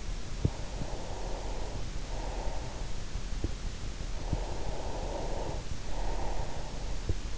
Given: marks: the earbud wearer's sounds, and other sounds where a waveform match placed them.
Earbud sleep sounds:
sounds in sleep by an in-ear microphone; breath
0.50-3.23 s: breath
3.88-7.38 s: breath

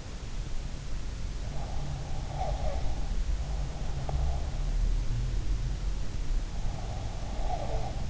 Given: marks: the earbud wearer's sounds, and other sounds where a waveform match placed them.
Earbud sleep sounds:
sounds in sleep by an in-ear microphone; breath
1.60-3.00 s: breath
6.70-8.10 s: breath

